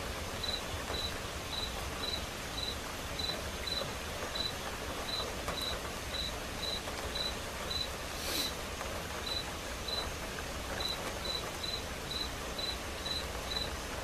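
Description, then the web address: Cricket: high chirps repeated regularly, with one short gap, over the steady patter of quiet rain. Crickets chirping along with quiet rain. "som de chuva silenciosa com acompanhamento de grilos"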